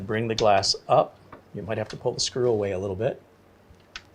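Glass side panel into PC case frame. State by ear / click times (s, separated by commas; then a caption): not seated / none. A tempered glass side panel for a Lian Li PC case is handled, its two bottom tabs set into the slots and the glass brought up toward the frame, possibly with a screw pulled away a little. Someone talks over the handling, and a brief sharp tick sounds at about 4.0 s. The panel has not clicked in or seated yet.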